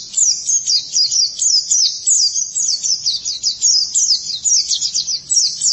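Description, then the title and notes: White-eye singing a fast, high, chattering warble of thin notes strung together without pause. "Kicauan Burung Pleci Durasi Panjang. Suara kicauan burung pleci"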